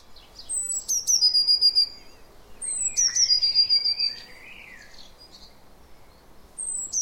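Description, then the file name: Eurasian blue tit singing high, thin introductory notes followed by a fast, fizzy trill, repeated twice, with the start of a third phrase at the end. "Cyanistes caeruleus"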